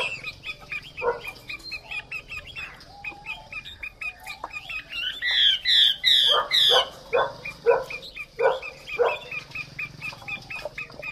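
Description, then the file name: Chinese hwamei song, with scratchy chattered phrases and a short burst of loud looping whistles midway. Female hwamei singing. "Tieng chim hoa mi mai hot"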